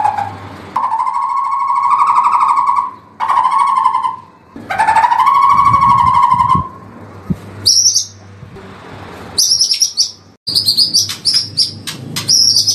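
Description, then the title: White-rumped shama song: long, rich whistled phrases near one pitch with a hum underneath, broken by pauses, then sharp high chipping notes and quick high flourishes. Masteran, a training recording for songbirds. "MURAI BATU LABAIK"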